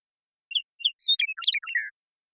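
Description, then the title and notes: Western meadowlark singing a single phrase of a few clear opening notes followed by a rapid, bubbling cascade of gurgling whistles that drops in pitch and ends on a slurred note. Song; recording isolated and processed, natural pace kept; Pacific Northwest, Washington, United States. "Western Meadowlark, Sturnella neglecta, song, contact calls, and flush, family: Troupials and Allies Recorded in the beautiful Pacific Northwest in Washington, United States"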